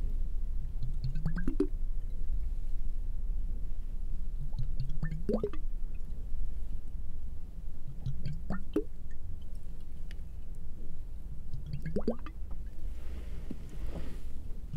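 Water drops and squirts of water come in four wet, squishy bursts, each rising in pitch and ending with a sharp splash, about every three and a half seconds. A steady low rumble runs underneath, and a soft hiss appears near the end.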